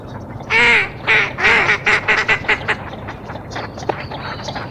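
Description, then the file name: Northern shoveler calling, a loud nasal burst followed by a quickening series of shorter hoarse notes that fade, over background hiss. Recorded in Arizona on 22 January 2006. "NSHO 1 B deviche"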